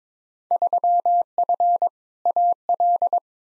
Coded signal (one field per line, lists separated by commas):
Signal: Morse code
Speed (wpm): 22 wpm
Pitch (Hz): 700 Hz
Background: none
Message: 3F AL